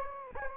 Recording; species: mosquito wingbeat signal from an infrared sensor; Anopheles gambiae